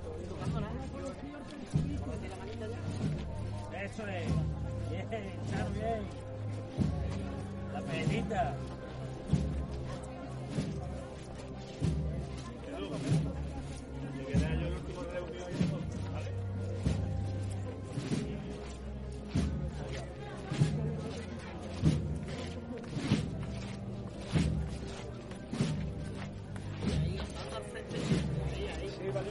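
A religious procession moves through a neighbourhood street, with a steady crowd of voices talking throughout. Low, humming tones sit underneath, and sharp knocks or steps land at a fairly regular pace, about once a second, for the whole half-minute.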